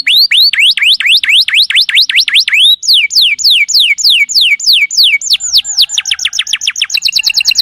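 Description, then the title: Lovebird calls: rapid rising and falling whistled chirps repeated several per second, speeding into a dense trill at the end. Lovebird calls used to lure lovebirds. "PIKAT BURUNG LOVEBIRD"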